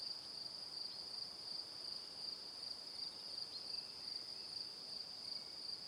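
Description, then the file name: Crickets chirping in a steady high-pitched chorus, with rapid pulsed chirps over a constant shrill drone. Evening. "Calm - Evening Crickets"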